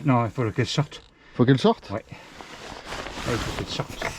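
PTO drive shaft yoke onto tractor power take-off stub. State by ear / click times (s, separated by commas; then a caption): not seated / none. A steel PTO drive shaft yoke is being handled at a tractor's power take-off stub to couple a rotovator. Someone talks over quiet handling noise. Nothing has seated or clicked yet by the end of the clip.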